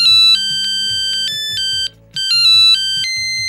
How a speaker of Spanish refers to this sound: Se oye un móvil, ¿no? A alguien le vibra. Es que me sonaba así, que no sé si oye en el micrófono, pero igual soy yo.